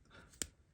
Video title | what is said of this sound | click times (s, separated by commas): TWO FOR SERVICE | there we go, you can hear that clicking noise. | 0.4 s